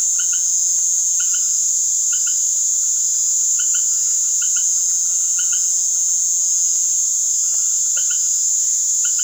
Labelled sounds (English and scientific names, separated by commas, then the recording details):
none
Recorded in secondary vegetation near Puerto Asís, Putumayo, Colombia, on 24 June 2025 at 19:00
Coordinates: 0.489, -76.322
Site G021